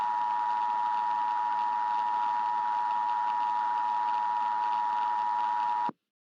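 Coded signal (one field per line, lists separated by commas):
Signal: Emergency Alert System (SAME) tones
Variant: 853 and 960 Hz attention tone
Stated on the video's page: Fictional emergency alert scenario, not a real broadcast.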